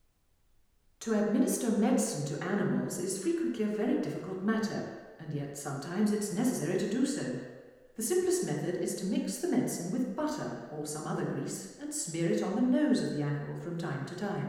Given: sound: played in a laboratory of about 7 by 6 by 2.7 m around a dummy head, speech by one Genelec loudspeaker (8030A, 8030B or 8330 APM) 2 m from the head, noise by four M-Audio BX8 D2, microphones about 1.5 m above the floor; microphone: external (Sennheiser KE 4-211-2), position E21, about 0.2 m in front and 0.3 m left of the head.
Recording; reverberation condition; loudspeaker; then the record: female speech in English; high; 90 degrees to the left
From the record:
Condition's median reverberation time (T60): about 1300 ms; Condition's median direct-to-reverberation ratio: about -4.0 dB